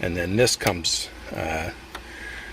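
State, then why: Seated. Someone talks while reinstalling a plastic trim piece into the dashboard around the glove box of a 2010 SRX, reassembling the dash after an AC blower fan replacement. A single sharp click is heard at 2.0 s as the trim piece snaps back into place and seats.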